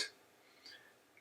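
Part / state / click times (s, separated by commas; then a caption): plastic bearing insert into tibial tray of knee implant / seated / 0.7 s. During a partial knee replacement, a polyethylene bearing insert is pushed into the metal tibial tray of the knee implant. A short, sharp snap is heard at 0.7 s, with a faint tick near 1.2 s after a brief hiss at the start. The plastic bearing snaps into place and is locked in the tray.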